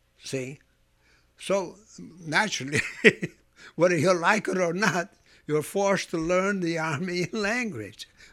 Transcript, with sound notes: see. So naturally... ( he laughs ) Whether you like it or not, you're forced to learn the Armenian language.